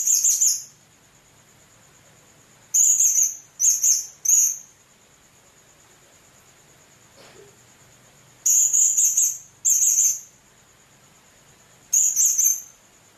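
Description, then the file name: Blue-crowned hanging parrot uttering groups of short, high, buzzy calls separated by quiet gaps, over a faint steady high-pitched whine. "serindit"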